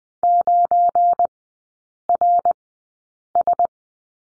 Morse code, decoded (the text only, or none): 9RS